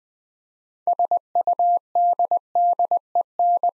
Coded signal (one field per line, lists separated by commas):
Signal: Morse code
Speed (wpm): 20 wpm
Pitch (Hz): 700 Hz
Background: none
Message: SUDDEN